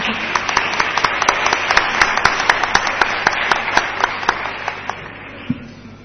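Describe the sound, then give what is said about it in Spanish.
A forum audience applauds steadily for about six seconds as an audience member is called up to ask a question, a dense patter of many hands clapping with sharper individual claps standing out, fading slightly toward the end. “Un aplauso, por favor.”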